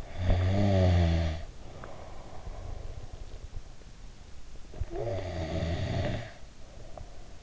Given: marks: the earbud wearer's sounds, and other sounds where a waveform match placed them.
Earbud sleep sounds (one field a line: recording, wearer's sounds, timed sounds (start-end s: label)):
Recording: sounds in sleep by an in-ear microphone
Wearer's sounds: snoring breath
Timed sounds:
0.28-2.86 s: snoring breath
4.93-6.68 s: snoring breath